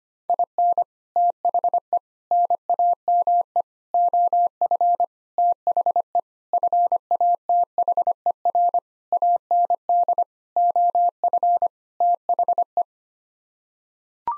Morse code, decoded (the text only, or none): IN THE NAME OF THE FATHER AND OF THE